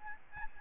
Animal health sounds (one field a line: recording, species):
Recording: mosquito wingbeat signal from an infrared sensor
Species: Aedes albopictus